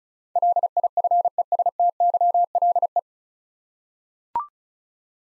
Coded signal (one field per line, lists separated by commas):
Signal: Morse code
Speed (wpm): 36 wpm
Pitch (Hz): 700 Hz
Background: none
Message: LIFESTYLE